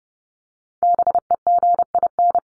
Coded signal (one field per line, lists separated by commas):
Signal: Morse code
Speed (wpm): 30 wpm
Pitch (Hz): 700 Hz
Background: none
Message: BEGIN